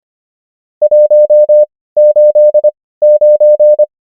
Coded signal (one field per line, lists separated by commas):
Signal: Morse code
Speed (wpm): 25 wpm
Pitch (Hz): 600 Hz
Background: none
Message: 189